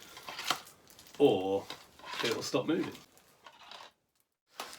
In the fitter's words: you know when you've done it because you'll either hear it click in